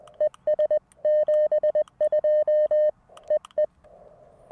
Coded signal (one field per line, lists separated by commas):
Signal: Morse code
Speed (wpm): 20 wpm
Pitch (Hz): 610 Hz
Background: none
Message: ES 72 EE